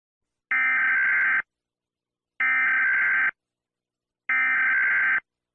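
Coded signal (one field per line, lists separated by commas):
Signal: Emergency Alert System (SAME) tones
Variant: header bursts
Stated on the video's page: Fictional earthquake scenario, not a real alert.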